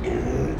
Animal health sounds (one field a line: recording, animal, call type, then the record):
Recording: contact call of a hoofed animal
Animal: pig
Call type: closed-mouth grunt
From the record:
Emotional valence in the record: negative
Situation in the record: short social isolation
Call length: 0.60 s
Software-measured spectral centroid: 1240 Hz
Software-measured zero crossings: 890 a second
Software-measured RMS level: -24 dBFS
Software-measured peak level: -13 dBFS